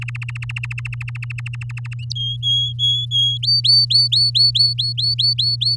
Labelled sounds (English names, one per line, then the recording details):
Domestic Canary song
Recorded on 8 May 2018 at 10:45
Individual llb16